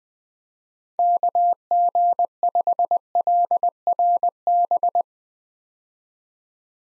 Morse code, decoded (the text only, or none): KG5LRB